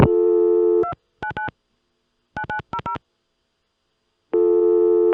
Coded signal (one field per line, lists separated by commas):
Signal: DTMF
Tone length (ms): 100 ms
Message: 299 9900